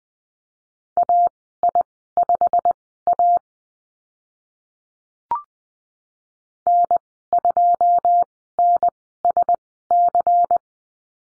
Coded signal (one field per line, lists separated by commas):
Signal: Morse code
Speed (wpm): 20 wpm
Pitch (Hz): 700 Hz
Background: none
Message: AI5A N2NSC